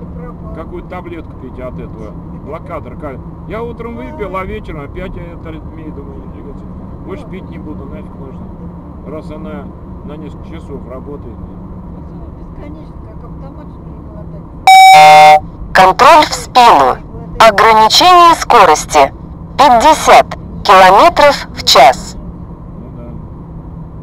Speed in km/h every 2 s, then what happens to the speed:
56, 57, 56, 56, 55, 56, 54, 52, 50, 51, 49, 49.
0-11 steady at about 56. 11-15 slows to 50. 15-24 steady at about 49.